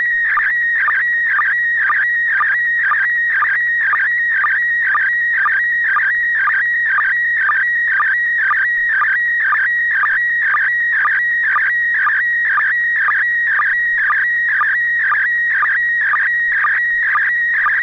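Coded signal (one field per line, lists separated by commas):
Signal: SSTV (slow-scan television)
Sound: warbling, chirping tone sweeping around, with a rhythmic low blip about twice a second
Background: low hum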